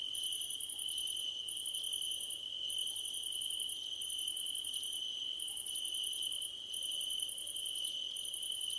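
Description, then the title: Cricket chorus in rhythmic high pulsed bursts about a second long, separated by short gaps, over a constant shrill tone. Crickets at night under a starlit sky, nighttime ambience. "Nighttime Ambience with Crickets"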